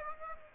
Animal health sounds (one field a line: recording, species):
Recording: mosquito wingbeat signal from an infrared sensor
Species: Aedes aegypti